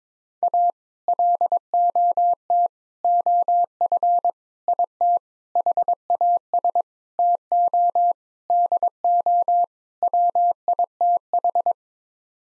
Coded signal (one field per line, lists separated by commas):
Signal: Morse code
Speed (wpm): 22 wpm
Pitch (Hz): 700 Hz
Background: none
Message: A LOT OF IT HAS TO DO WITH